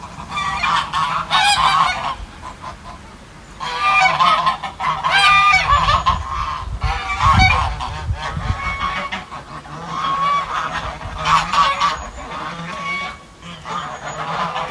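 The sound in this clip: Goose: geese honking loudly in overlapping bursts, several birds calling together in waves separated by brief quieter pauses, with a low rumble underneath.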